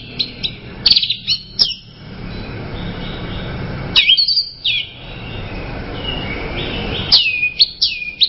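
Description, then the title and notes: Bird song: short bursts of high, bright chirps and twittering notes arrive about every three seconds over a steady hiss of background noise. "Bird Sound. Kicau Burung Lengkap"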